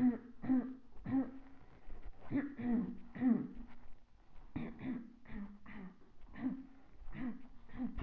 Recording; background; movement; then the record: throat clearing; quiet; walking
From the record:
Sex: female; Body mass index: 21.8 kg/m2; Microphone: on the chest, facing the body